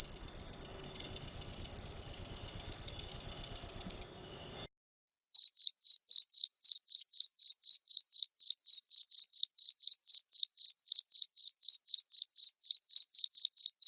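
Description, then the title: Cricket chirping: a rapid high-pitched trilled chirp for about four seconds, a brief pause, then separate short high chirps repeated about four times per second. Loud cricket chirping (ngerik), used to make lovebirds sing continuously (ngekek). "Suara JANGKRIK NGERIK Keras Bikin LOVEBIRD Jadi NGEKEK Terus Vubey"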